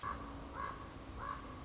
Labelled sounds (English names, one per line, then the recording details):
Common Raven
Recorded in Sonoma County, California